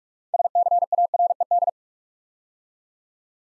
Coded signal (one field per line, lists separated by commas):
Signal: Morse code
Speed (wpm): 44 wpm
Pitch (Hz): 700 Hz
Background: none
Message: SCARED